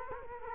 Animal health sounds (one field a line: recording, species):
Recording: mosquito wingbeat signal from an infrared sensor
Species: Culex quinquefasciatus